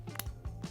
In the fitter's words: There's the click. Now you can do that up and know that it's okay.